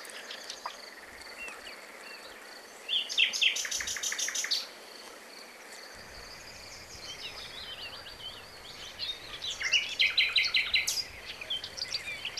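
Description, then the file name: Common nightingale song: a burst of fast, rattling repeated notes, a pause with softer twittering, then another quick pulsed phrase, over constant background hiss. "Luscinia megarhynchos"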